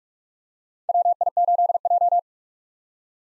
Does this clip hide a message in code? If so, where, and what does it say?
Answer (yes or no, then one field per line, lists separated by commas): yes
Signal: Morse code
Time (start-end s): 0.9-2.2 s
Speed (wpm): 46 wpm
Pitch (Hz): 700 Hz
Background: none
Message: WI8J